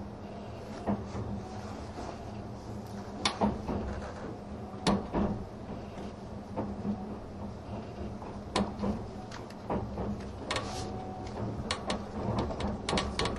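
Running sound inside the Spacia X limited express train: a steady low rumble with a faint hum, overlaid by frequent sharp clacks and knocks. The clicks come irregularly, roughly every second or two, with louder jolts around three, five and nine seconds.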